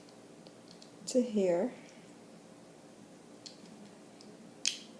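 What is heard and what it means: A plastic gear is pressed onto the pegs of a robotic arm housing while someone talks briefly near the start. Faint small ticks are heard, then a sharp snap at 4.7 s as the gear seats onto the pegs.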